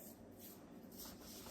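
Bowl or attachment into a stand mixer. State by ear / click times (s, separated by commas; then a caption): not seated / none. A bowl or attachment is being handled on a stand mixer, heard as steady low shuffling and rustling with broadband noise throughout the 1.5 seconds. The part has not seated or clicked into place yet.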